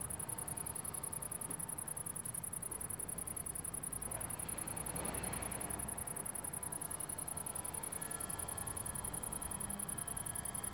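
Crickets chirping: a very high, rapidly pulsing chirp repeats steadily throughout, over constant low city noise.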